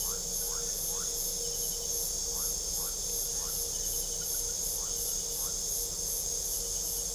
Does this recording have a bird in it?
no